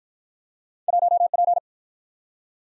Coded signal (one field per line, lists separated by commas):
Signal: Morse code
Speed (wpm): 47 wpm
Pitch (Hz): 700 Hz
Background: none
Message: 1 P